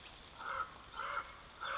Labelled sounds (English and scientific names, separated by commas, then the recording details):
Common Raven (Corvus corax)
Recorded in Sonoma County, California